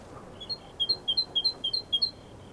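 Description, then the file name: Great tit song, a quick steady series of several high two-note phrases, alternating between two pitches. "Parus major"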